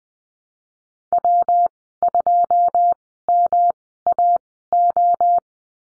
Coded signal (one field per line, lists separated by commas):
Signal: Morse code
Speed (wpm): 20 wpm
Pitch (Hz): 700 Hz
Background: none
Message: W2MAO